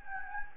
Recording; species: mosquito wingbeat signal from an infrared sensor; Anopheles gambiae